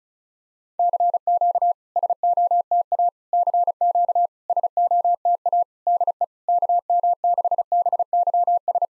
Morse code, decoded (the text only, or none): CQ SOTA CQ SOTA DE KM6BYS